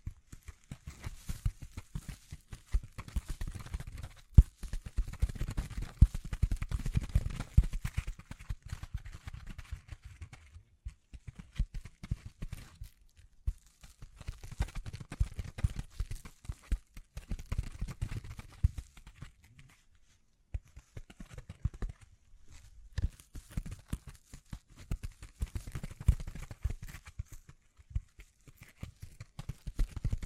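Tapping, scratching and brushing sounds come in dense bursts of quick, irregular strokes, heavy in the low end with a thin hiss above. The activity swells and eases in waves, with brief lulls near 11, 20 and 28 seconds.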